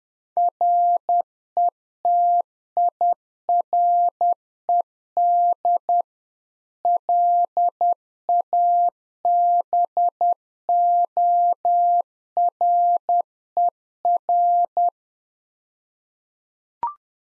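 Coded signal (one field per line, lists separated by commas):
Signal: Morse code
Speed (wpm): 10 wpm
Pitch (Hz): 700 Hz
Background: none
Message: RETIRED LABORER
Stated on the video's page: Practice QSO drill at 10 wpm covering rig, antenna and weather information, sent in Morse, then spoken, then sent again.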